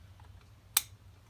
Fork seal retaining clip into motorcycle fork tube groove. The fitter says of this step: get them kind of pushed in there a little bit finish them off with the flathead set them you'll hear the clicks